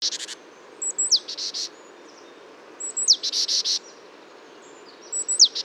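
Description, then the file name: Great tit calling a thin descending note, then a string of harsh buzzy churrs, given about every two seconds against a constant hiss. "Parus major"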